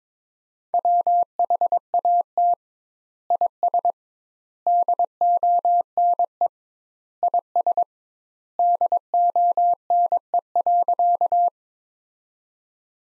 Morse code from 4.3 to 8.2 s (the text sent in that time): DONE IS